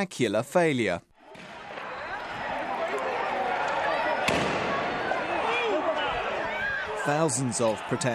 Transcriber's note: the sounds of street riots